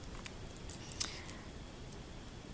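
Pressing around the edges of a plastic LifeProof waterproof case for an iPhone 5 snaps its back shell onto the front frame. Sharp clicks sound at 0.3, 0.9 and 1.0 seconds, with the loudest at 1.0 seconds, among faint ticks over a low background hiss. The case edges are snapped shut and seated.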